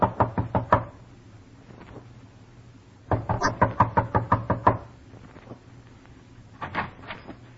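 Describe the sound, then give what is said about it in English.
Sharp knocking on the door of Joe Poland's home in an old-time radio drama, in quick bursts: four raps, a pause, a longer run of about eight, then scattered softer taps. The blows are loud and percussive, with no voices. “Knock. You better stand back.”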